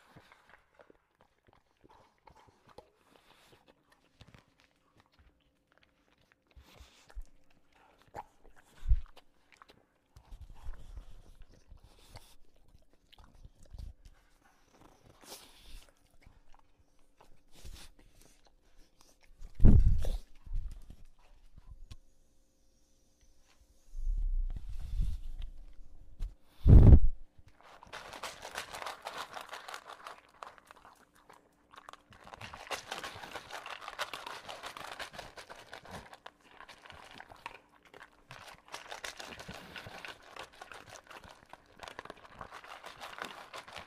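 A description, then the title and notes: An English bulldog eats kibble, with scattered crunches and bumps through the first half, a few sharp knocks near 20 and 27 seconds. The last third turns to dense, rough snorting and heavy breathing that continues steadily. English Bulldog Eating. The English Bulldog, as he devours his kibble in between classic bulldog snorting and heavy breathing.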